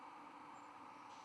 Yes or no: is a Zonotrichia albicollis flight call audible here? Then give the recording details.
no. No flight call is heard. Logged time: 00:42 on 24 November 2014